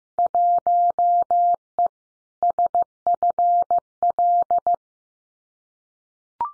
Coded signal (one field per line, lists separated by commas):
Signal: Morse code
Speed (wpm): 15 wpm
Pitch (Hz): 700 Hz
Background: none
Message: 1E SFL